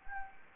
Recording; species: mosquito wingbeat signal from an infrared sensor; Anopheles gambiae